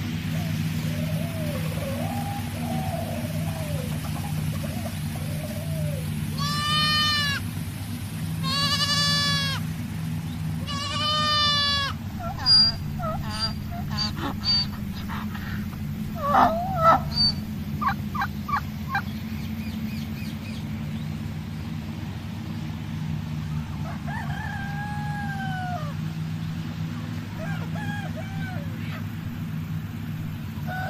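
Farm animals call over a steady low hum: repeated rising bleats or crows around 7–11 seconds, sharp clucks near 12–18, fainter calls later.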